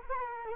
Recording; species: mosquito wingbeat signal from an infrared sensor; Culex quinquefasciatus